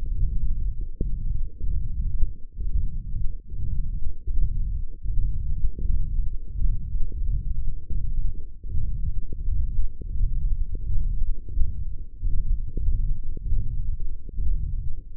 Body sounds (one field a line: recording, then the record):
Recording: forearm muscle sounds (acoustic myography)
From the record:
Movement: hand opening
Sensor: system 1, eight BSWA MPA416 microphones around the upper forearm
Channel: 6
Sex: male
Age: 21 years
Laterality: right